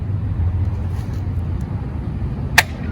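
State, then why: Seated. A plastic hub cap on a Tesla Model 3 aero wheel gets a firm whack and snaps onto the wheel with one loud, sharp snap at 2.6 s, seating it. Before the snap, low rumbling background noise fills the clip, and someone talks just after.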